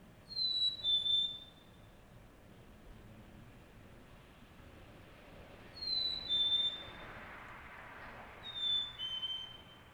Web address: Articulated Sounds - Nature in the City. Solo Bird Call, Early Morning, Distant Traffic Passbys, Montreal, Canada